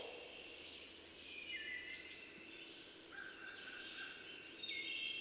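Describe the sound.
Birds singing in a soft chorus, several high whistled and warbling phrases overlapping, with a steadier whistled note near the end over a faint background hiss.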